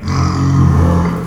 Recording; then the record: squeal of a Yucatan mini pig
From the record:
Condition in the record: after surgery on the right vocal fold (resection and tissue-engineered implant); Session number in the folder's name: 15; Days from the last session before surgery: 175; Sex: female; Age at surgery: 19 weeks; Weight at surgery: 25 kg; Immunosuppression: prednisolone